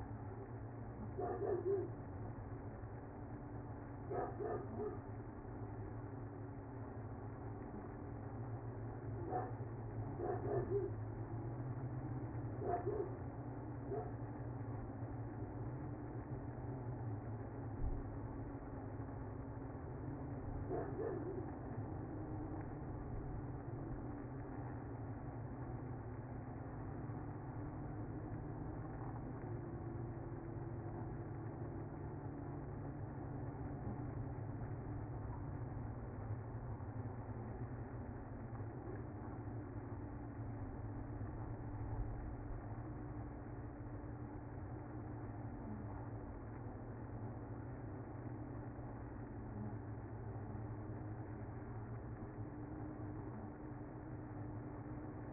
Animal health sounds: honeybee colony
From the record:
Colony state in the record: active

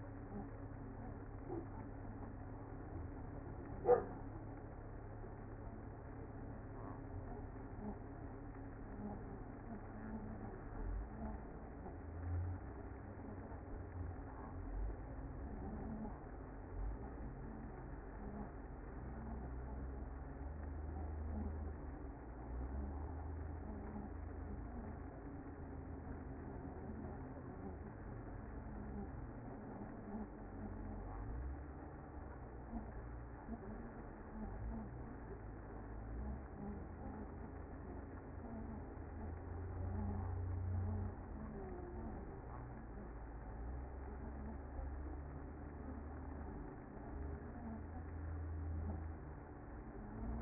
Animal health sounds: honeybee colony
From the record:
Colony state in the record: active

